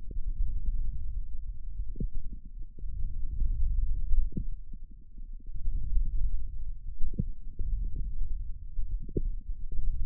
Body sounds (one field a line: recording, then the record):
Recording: forearm muscle sounds (acoustic myography)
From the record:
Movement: wrist flexion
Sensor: system 1, eight BSWA MPA416 microphones around the upper forearm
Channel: 8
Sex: male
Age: 18 years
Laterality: right